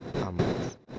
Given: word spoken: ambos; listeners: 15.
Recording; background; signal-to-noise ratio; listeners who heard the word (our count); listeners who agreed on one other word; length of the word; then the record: one Spanish word in noise, from a listening test; noise modulated by one talker; -8.2 dB; 3 of 15; 6 of 15; 0.59 s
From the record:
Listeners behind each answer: 6, 3, 3, 2, 1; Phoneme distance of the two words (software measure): 14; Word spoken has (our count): 2 syllables, 5 phonemes, stress on syllable 1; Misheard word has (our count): 2 syllables, 5 phonemes, stress on syllable 1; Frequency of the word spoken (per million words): 191.25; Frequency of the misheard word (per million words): 150.99